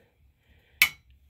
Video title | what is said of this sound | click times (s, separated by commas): #prop#boating#mercury HOW TO PROP YOUR BOAT | the easiest thing to hold but you hear click that is a torque wrench that tells you that your 55 foot-pounds okay | 0.8 s